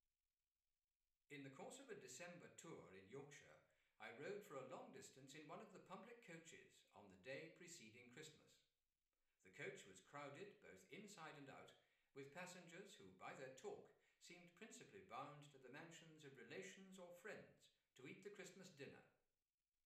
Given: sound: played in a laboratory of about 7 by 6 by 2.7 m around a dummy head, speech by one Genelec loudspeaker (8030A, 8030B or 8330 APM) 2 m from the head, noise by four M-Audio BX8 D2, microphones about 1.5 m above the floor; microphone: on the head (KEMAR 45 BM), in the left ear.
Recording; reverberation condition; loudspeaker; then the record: male speech in English; medium; 120 degrees to the left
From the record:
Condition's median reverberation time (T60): about 510 ms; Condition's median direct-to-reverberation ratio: about -0.5 dB